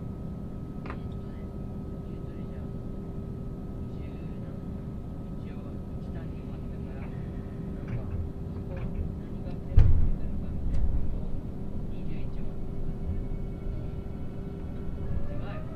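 Inside the Ishizuchi 101 limited express on the Yosan Line, running from Imabari to Matsuyama, a steady low rumble fills the clip with a thin constant whine above it. Faint voices come and go, and a sharp knock near ten seconds brings slightly louder clattering.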